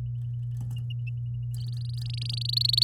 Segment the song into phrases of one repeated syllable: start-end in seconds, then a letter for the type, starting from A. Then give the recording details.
1.68-2.83 A. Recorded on 6 May 2018 at 05:47. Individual llb16